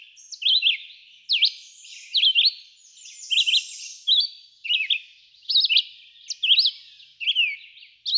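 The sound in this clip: Red-eyed vireo song of short, varied whistled phrases repeated with brief pauses.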